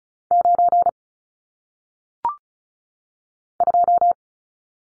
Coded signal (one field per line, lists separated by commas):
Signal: Morse code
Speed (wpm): 36 wpm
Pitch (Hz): 700 Hz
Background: none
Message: 9 2